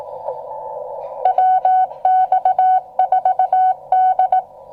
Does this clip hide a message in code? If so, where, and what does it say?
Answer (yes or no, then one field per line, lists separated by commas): yes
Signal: Morse code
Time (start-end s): 1.2-4.4 s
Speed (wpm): 18 wpm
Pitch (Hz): 750 Hz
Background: none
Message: WX4D